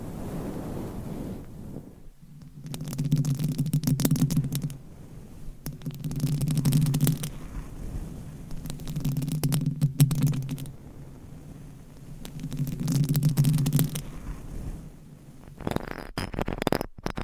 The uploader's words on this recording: ASMR Scratching , Tapping & Massage with DIFFERENT Mics , Items & Nails No Talking.